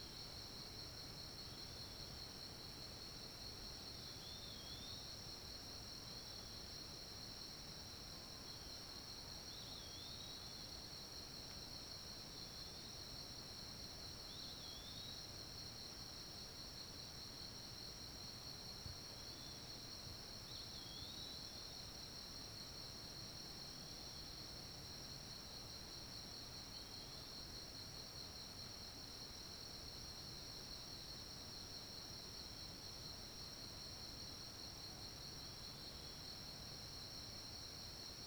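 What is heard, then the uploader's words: Recorded from atop a fallen tree, the scene is filled with a steady, high, dense chorus of insects, likely crickets, holding level for the whole time. Faint chirps dip beneath it every few seconds, and a soft low rumble sits underneath. Recording from the top of a fallen tree.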